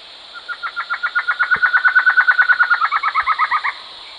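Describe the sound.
Bird trilling: a fast, even series of clipped notes, swelling then ending in lower, downslurred doubled notes; a few faint clicks.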